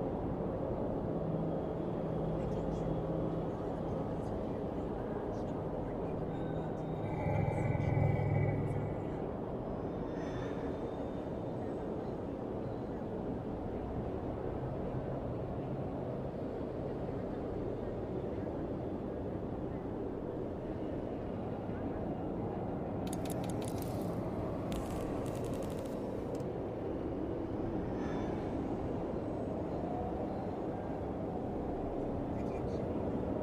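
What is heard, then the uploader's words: A futuristic city ambience: a dense, steady low rumble of traffic and machinery fills the whole clip, with murmured voices underneath. Around eight seconds a tonal hum swells briefly, and sharp bright clicks and bursts break through near twenty-three to twenty-six seconds. Futuristic city ambience.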